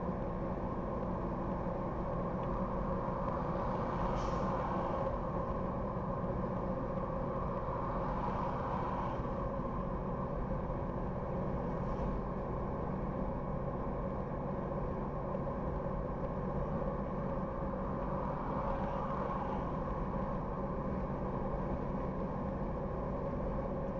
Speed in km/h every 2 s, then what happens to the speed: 74, 74, 75, 76, 77, 77, 78, 78, 79, 80, 80, 80.
0-24 steady at about 77.